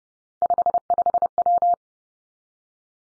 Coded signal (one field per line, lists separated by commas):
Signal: Morse code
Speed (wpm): 32 wpm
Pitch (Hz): 700 Hz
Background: none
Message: 55W